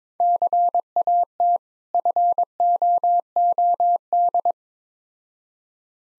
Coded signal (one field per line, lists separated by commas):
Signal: Morse code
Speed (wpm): 22 wpm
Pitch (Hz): 700 Hz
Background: none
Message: CAT FOOD